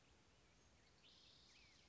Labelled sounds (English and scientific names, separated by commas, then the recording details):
Black-headed Grosbeak (Pheucticus melanocephalus)
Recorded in Sonoma County, California